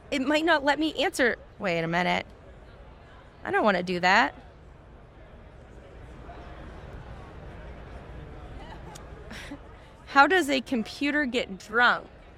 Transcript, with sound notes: It might not let me answer. Wait a minute. I don't wanna do that. [Silence] How does a computer get drunk?